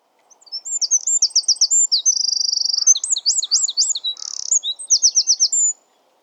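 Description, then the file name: Eurasian wren song: a loud, very high, rapid outpouring of sharp notes, with a fast rattling trill in the middle and a buzzy burst near the end, lasting about five seconds. "Troglodytes troglodytes"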